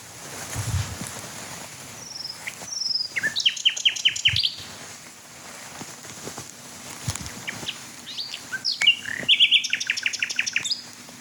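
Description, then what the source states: Common Nightingale song: short phrases of rapid repeated high notes and whistled slurs, with pauses between. Male singing at night in fields on a completely still night, waning half moon, slowly drifting clouds; song described as beating, fluting and sobbing.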